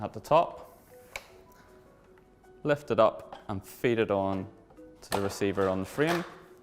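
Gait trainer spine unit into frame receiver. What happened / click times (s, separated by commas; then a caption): Handled, not yet home: the unit is being fitted onto its frame mount but has not locked / none. A Leckey MyWay gait trainer's spine unit is lifted by the top and fed onto the receiver on its metal frame while someone talks, with a few faint taps and a sharper tick near 1.2 s. Nothing has seated or clicked yet.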